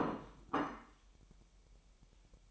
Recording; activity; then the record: daily activity, microphone in the room; place plate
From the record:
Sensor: 1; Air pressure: 1002.0 hPa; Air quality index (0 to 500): 243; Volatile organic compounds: 48 ppm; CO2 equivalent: 3272 ppm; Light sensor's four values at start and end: 8/28/10/11 and 8/28/10/11